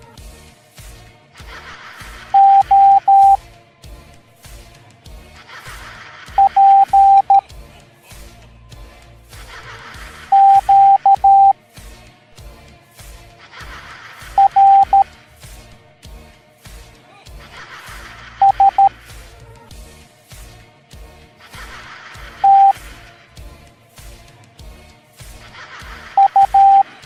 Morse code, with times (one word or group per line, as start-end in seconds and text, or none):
2.3-3.4 O
6.4-7.4 P
10.3-11.5 Q
14.4-15.0 R
18.4-18.9 S
22.4-22.7 T
26.2-26.8 U